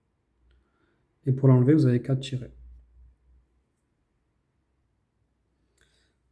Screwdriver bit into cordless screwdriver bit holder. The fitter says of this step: et vous le pousser jusqu'à que vous entendez un clic